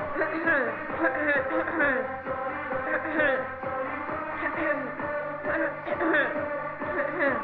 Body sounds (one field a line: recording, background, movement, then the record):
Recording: throat clearing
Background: music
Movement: sitting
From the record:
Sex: female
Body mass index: 18.3 kg/m2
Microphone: on the chest, facing the body